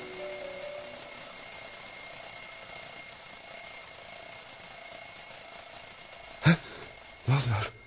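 An alarm clock rings over a steady, hissy background with a thin high tone, then two short, loud, harsh bursts of ringing toward the end.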